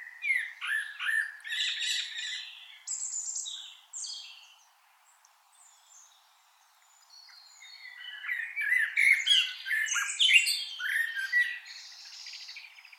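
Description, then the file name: Common blackbird calls: squawking, warbled notes in a lively opening, a near-silent pause midway, then a renewed run of scratchy, chattering phrases. "Turdus merula"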